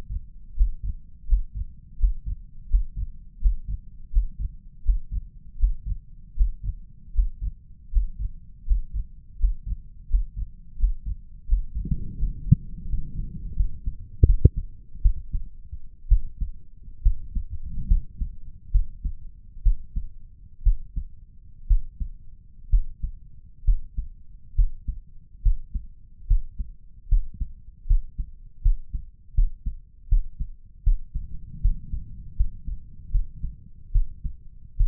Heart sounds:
heart sounds by stethoscope; 75 bpm
0.55 s: heartbeat
1.26 s: heartbeat
1.97 s: heartbeat
2.68 s: heartbeat
3.39 s: heartbeat
4.11 s: heartbeat
4.83 s: heartbeat
5.57 s: heartbeat
6.35 s: heartbeat
7.13 s: heartbeat
7.90 s: heartbeat
8.65 s: heartbeat
9.38 s: heartbeat
10.08 s: heartbeat
10.77 s: heartbeat
11.46 s: heartbeat
12.17 s: heartbeat
12.88 s: heartbeat
13.55 s: heartbeat
14.25 s: heartbeat
15.01 s: heartbeat
16.08 s: heartbeat
17.02 s: heartbeat
17.87 s: heartbeat
18.71 s: heartbeat
19.62 s: heartbeat
20.63 s: heartbeat
21.67 s: heartbeat
22.69 s: heartbeat
23.64 s: heartbeat
24.55 s: heartbeat
25.42 s: heartbeat
26.27 s: heartbeat
27.08 s: heartbeat
27.86 s: heartbeat
28.62 s: heartbeat
29.34 s: heartbeat
30.08 s: heartbeat
30.83 s: heartbeat
31.61 s: heartbeat
32.36 s: heartbeat
33.11 s: heartbeat
33.92 s: heartbeat
34.76 s: heartbeat
From the record:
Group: healthy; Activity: breath hold 0-12 s, rest 12-35 s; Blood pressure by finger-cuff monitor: 163/105 mmHg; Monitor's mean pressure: 123 mmHg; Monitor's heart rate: 79 bpm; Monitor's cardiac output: 5.4 L/min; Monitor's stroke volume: 72 mL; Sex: male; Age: 35 years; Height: 178 cm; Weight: 64 kg

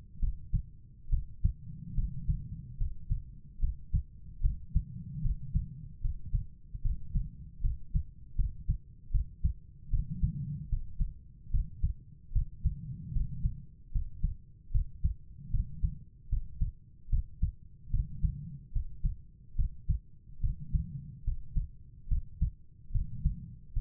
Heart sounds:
heart sounds by stethoscope; 74 bpm
0.19 s: heartbeat
1.09 s: heartbeat
1.94 s: heartbeat
2.77 s: heartbeat
3.59 s: heartbeat
4.41 s: heartbeat
5.21 s: heartbeat
6.01 s: heartbeat
6.81 s: heartbeat
7.61 s: heartbeat
8.35 s: heartbeat
9.11 s: heartbeat
9.90 s: heartbeat
10.69 s: heartbeat
11.50 s: heartbeat
12.32 s: heartbeat
13.12 s: heartbeat
13.91 s: heartbeat
14.71 s: heartbeat
15.50 s: heartbeat
16.29 s: heartbeat
17.09 s: heartbeat
17.90 s: heartbeat
18.72 s: heartbeat
19.55 s: heartbeat
20.40 s: heartbeat
21.24 s: heartbeat
22.08 s: heartbeat
22.91 s: heartbeat
23.73 s: heartbeat
From the record:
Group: healthy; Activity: rest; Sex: female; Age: 32 years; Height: 172 cm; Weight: 71.7 kg

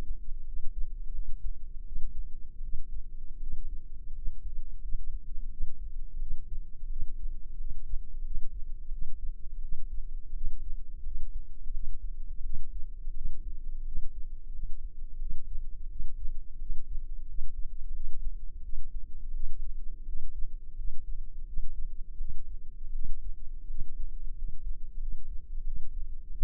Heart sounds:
heart sounds by microphone in the left ear; 86 bpm
0.43 s: heartbeat
1.10 s: heartbeat
1.83 s: heartbeat
2.60 s: heartbeat
3.38 s: heartbeat
4.12 s: heartbeat
4.79 s: heartbeat
5.48 s: heartbeat
6.17 s: heartbeat
6.87 s: heartbeat
7.56 s: heartbeat
8.22 s: heartbeat
8.89 s: heartbeat
9.60 s: heartbeat
10.32 s: heartbeat
11.02 s: heartbeat
11.70 s: heartbeat
12.41 s: heartbeat
13.12 s: heartbeat
13.83 s: heartbeat
14.50 s: heartbeat
15.17 s: heartbeat
15.87 s: heartbeat
16.57 s: heartbeat
17.25 s: heartbeat
17.91 s: heartbeat
18.61 s: heartbeat
19.31 s: heartbeat
20.04 s: heartbeat
20.75 s: heartbeat
21.44 s: heartbeat
22.16 s: heartbeat
22.91 s: heartbeat
23.66 s: heartbeat
24.33 s: heartbeat
24.98 s: heartbeat
25.63 s: heartbeat
26.29 s: heartbeat
From the record:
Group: healthy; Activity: cold pressor test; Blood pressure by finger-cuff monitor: 122/76 mmHg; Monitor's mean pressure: 96 mmHg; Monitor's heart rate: 86 bpm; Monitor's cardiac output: 7.1 L/min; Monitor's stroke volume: 83 mL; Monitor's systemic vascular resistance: 990 dyn s/cm5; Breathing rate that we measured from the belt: 18 breaths a minute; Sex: female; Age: 24 years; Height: 163 cm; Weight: 55.7 kg

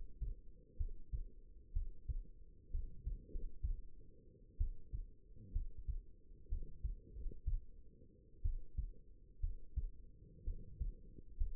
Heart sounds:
heart sounds by stethoscope; 62 bpm
0.77 s: heartbeat
1.73 s: heartbeat
2.71 s: heartbeat
3.30 s: heartbeat
4.57 s: heartbeat
5.52 s: heartbeat
6.48 s: heartbeat
7.13 s: heartbeat
8.42 s: heartbeat
9.40 s: heartbeat
10.44 s: heartbeat
11.37 s: heartbeat
From the record:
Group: healthy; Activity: rest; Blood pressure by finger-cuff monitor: 114/72 mmHg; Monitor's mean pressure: 83 mmHg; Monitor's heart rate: 61 bpm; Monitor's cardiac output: 5.1 L/min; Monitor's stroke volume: 79 mL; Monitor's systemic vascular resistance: 1180 dyn s/cm5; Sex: female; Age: 22 years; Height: 171 cm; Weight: 65.6 kg

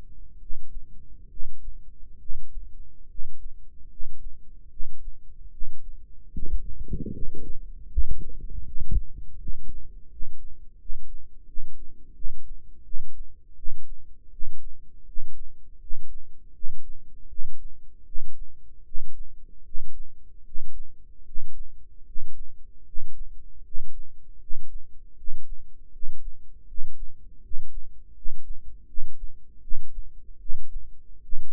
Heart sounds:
heart sounds by microphone in the right ear; 78 bpm
0.37 s: heartbeat
1.28 s: heartbeat
2.17 s: heartbeat
3.06 s: heartbeat
3.87 s: heartbeat
4.68 s: heartbeat
5.50 s: heartbeat
6.31 s: heartbeat
7.10 s: heartbeat
7.88 s: heartbeat
8.63 s: heartbeat
9.37 s: heartbeat
10.08 s: heartbeat
10.76 s: heartbeat
11.45 s: heartbeat
12.13 s: heartbeat
12.83 s: heartbeat
13.55 s: heartbeat
14.30 s: heartbeat
15.04 s: heartbeat
15.78 s: heartbeat
16.52 s: heartbeat
17.27 s: heartbeat
18.04 s: heartbeat
18.83 s: heartbeat
19.63 s: heartbeat
20.43 s: heartbeat
21.23 s: heartbeat
22.03 s: heartbeat
22.83 s: heartbeat
23.62 s: heartbeat
24.38 s: heartbeat
25.15 s: heartbeat
25.90 s: heartbeat
26.65 s: heartbeat
27.40 s: heartbeat
28.12 s: heartbeat
28.85 s: heartbeat
29.60 s: heartbeat
30.38 s: heartbeat
31.21 s: heartbeat
From the record:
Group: healthy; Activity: rest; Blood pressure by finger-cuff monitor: 90/50 mmHg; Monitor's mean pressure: 63 mmHg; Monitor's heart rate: 77 bpm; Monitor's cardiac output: 8 L/min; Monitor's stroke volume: 105 mL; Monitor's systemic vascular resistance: 560 dyn s/cm5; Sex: male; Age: 35 years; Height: 180 cm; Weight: 86.9 kg

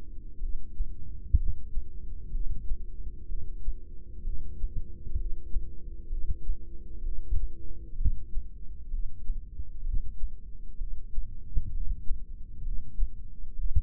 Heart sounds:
heart sounds by microphone in the left ear; 64 bpm
0.41 s: heartbeat
1.38 s: heartbeat
2.32 s: heartbeat
3.29 s: heartbeat
4.25 s: heartbeat
5.18 s: heartbeat
6.10 s: heartbeat
7.04 s: heartbeat
7.98 s: heartbeat
8.91 s: heartbeat
9.84 s: heartbeat
10.79 s: heartbeat
11.72 s: heartbeat
12.64 s: heartbeat
13.57 s: heartbeat
From the record:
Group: heart failure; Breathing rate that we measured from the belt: 18 breaths a minute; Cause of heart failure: idiopathic cardiomyopathy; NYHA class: 1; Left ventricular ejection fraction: 50%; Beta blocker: bisoprolol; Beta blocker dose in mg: 5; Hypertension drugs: candesartan, spironolactone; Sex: male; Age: 54 years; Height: 180 cm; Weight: 94.6 kg

